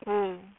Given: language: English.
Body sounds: throat vibration sensor signal played as sound; speech

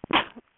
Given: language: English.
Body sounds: throat vibration sensor signal played as sound; cough

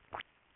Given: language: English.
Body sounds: throat vibration sensor signal played as sound; swallow

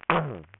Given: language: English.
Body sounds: throat vibration sensor signal played as sound; throat clearing

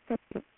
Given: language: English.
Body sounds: throat vibration sensor signal played as sound; speech

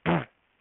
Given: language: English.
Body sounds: throat vibration sensor signal played as sound; throat clearing

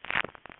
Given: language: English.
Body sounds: throat vibration sensor signal played as sound; swallow

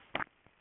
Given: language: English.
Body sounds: throat vibration sensor signal played as sound; swallow

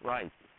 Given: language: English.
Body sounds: throat vibration sensor signal played as sound; speech

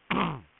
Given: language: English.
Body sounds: throat vibration sensor signal played as sound; throat clearing

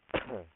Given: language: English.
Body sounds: throat vibration sensor signal played as sound; cough

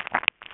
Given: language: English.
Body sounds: throat vibration sensor signal played as sound; swallow

